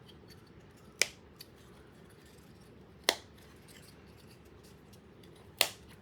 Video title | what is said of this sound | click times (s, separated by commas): RC Crawler Set-Up System assembly 1/10b scale | Until you hear it snap. | 1.0 s, 3.1 s, 5.6 s